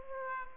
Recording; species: mosquito wingbeat signal from an infrared sensor; Aedes aegypti